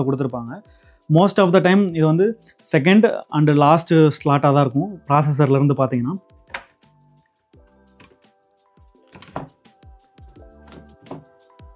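A first DDR5 memory stick is being handled at the second DIMM slot of a motherboard, to be pressed in until the plastic retention latches close. Someone talks for the first six seconds, then brief handling sounds and short taps follow around 6.6, 9.4 and 10.7 seconds. Nothing has seated or clicked yet.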